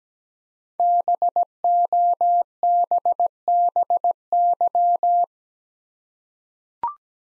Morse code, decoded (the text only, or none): BOBBY